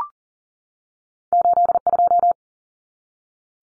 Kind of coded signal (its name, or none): Morse code